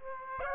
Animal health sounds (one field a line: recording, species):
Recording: mosquito wingbeat signal from an infrared sensor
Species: Aedes aegypti